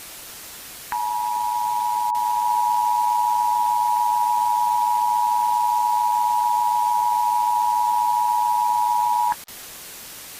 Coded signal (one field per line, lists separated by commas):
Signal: Emergency Alert System (SAME) tones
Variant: 853 and 960 Hz attention tone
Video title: Halloween Special/50 Subscriber Special - EAS Scenario: The Voices